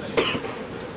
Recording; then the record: coughing mixed with background sound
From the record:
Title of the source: 34 coughing up crap again